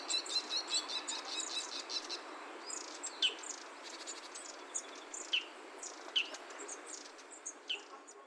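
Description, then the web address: Bird calls: high scattered chirps, with a few sharper downward-sliding notes, over a steady background hiss. Wild bird recorded 7 October 2021 at Noda, by the east edge of Noda school. "yacho koe 20211007 野田小東縁"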